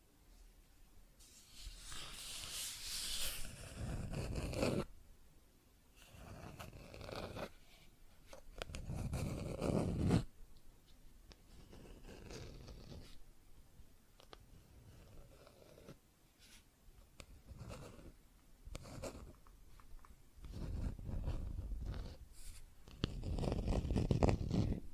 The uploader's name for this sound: Plastic Objects Tapping and Scratching